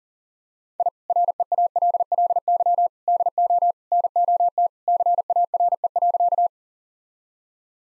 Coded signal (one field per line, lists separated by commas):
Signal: Morse code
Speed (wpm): 40 wpm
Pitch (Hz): 700 Hz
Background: none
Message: I REALLY DO NOT CARE.